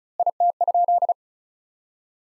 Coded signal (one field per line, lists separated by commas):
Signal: Morse code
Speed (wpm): 34 wpm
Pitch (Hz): 700 Hz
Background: none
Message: IT?